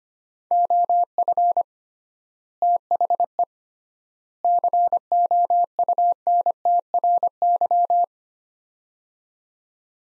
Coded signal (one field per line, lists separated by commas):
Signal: Morse code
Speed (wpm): 25 wpm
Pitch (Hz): 700 Hz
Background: none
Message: OF THE COUNTRY